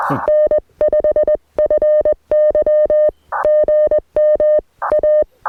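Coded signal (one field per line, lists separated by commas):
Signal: Morse code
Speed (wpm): 20 wpm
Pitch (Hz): 590 Hz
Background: none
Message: N5FY GM A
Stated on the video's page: Morning QRP Parks on the Air activation with an Elecraft K2, BamaKey TP-III paddle and 40m end-fed half-wave antenna.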